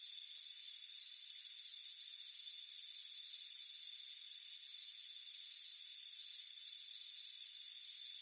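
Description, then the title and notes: Crickets chirp in evenly spaced shrill bursts, with a constant high insect hum behind. Crickets chirping on a warm afternoon on a front porch. "Soothing Crickets Chirping Sound. It's a warm afternoon as you relax in a hammock on the front porch. Deep Sleep Sounds"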